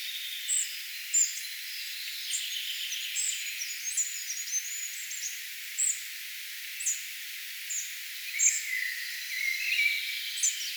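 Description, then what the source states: Spotted flycatcher singing: scattered short, high, thin squeaks at irregular intervals over background hiss. Singing bird, recorded 4 June 2025.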